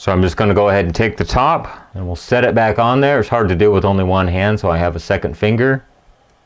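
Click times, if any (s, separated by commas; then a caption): none. Someone talks while handling the top of a rotary encoder, the mode select switch on a Magnavox ZV457MG9A VCR DVD recorder's circuit board, which has been cleaned and greased with silicone dielectric grease. The top is being set back onto its switch body, but nothing has seated or clicked yet.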